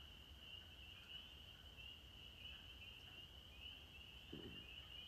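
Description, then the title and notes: Spring peeper chorus, continuous overlapping high peeps, with a single deeper blurping frog call near the end. Males singing at dusk to attract mates; evening chorus in Maine, April 15, 2023, after the winter freeze, heard from a porch; sounds like sleigh bells; other frogs' deeper clucks and blurps join in. "April 15, 2023. the sound of the spring peepers, or pseudacris crucifer"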